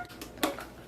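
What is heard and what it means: A color cartridge is pushed into a handheld hair-coloring device. A faint tap at 0.2 s is followed by a sharp click at 0.4 s as the cartridge seats, then a softer tick at 0.6 s. No one talks during the clip.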